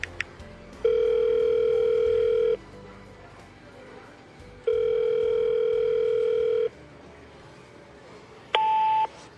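Two long, steady electronic ringback tones with pauses between them, followed by a short higher beep as the call connects, heard over a faint background hiss; a phone call placed from a bedroom.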